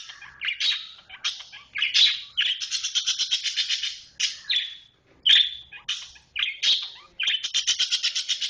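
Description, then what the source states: Oriental magpie-robin song, dense and rich, with fast scratchy trills and clear whistles in long phrases, broken by a brief pause midway. Kacer chirping.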